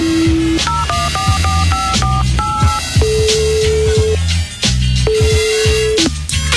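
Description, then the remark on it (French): Mobile phone keypad tones beep in a quick run of short, bright two-pitch notes, followed by a few longer steady tones, all over a loud, rhythmic backing with no speech. “Où est mon portable?”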